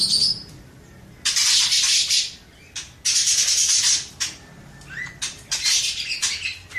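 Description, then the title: Birds calling: long hissing, harsh screechy bursts separated by short pauses, with a brief thin whistled note among them. "Burung Campur4"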